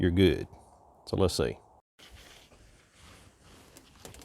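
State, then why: Not seated. On a 2008 F250, a coolant hose quick-connect end with its retaining clip ring already fitted is handled at the bottom thermostat housing outlet neck while someone talks. Quiet handling noises follow, with a few faint taps near the end. Nothing has seated or clicked yet.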